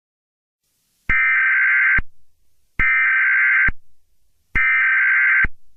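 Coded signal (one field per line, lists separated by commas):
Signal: Emergency Alert System (SAME) tones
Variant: header bursts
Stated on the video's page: Fictional EAS scenario, a created recreation rather than a real alert.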